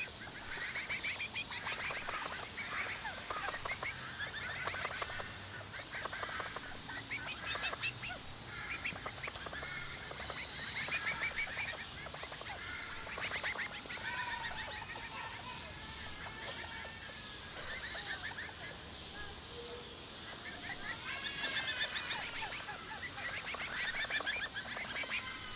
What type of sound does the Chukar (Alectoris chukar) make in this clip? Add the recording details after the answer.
contact call. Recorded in captivity. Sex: group. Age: diverse. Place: Zoo Leipzig, Sachsen, DE. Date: 2003-10-05 15:00. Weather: bedeckt, 12°C. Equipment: Fair Mate ST-1328 (Asahi Electronics, Japan), Sennheiser ME 80, Kopie Uher 4000 Report Monitor. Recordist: Tembrock, Günter